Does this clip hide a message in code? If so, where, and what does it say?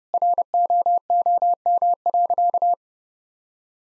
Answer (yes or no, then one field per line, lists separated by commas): yes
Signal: Morse code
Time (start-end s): 0.1-2.7 s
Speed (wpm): 30 wpm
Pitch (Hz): 700 Hz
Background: none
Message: ROOM.